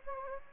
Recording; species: mosquito wingbeat signal from an infrared sensor; Anopheles gambiae